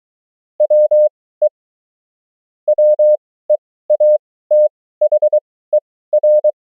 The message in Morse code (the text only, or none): WE WEATHER